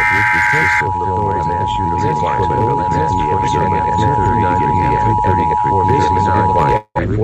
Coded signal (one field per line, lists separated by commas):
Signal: Emergency Alert System (SAME) tones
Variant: 853 and 960 Hz attention tone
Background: speech